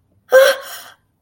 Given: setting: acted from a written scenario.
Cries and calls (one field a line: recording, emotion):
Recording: vocal sound without words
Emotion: fear